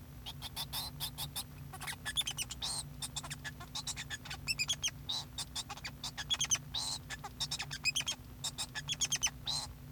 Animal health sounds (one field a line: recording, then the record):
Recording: song of a male Bengalese finch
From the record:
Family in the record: son of father 2